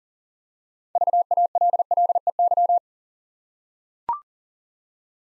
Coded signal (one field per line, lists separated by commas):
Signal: Morse code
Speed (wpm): 42 wpm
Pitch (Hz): 700 Hz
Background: none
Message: VALLEY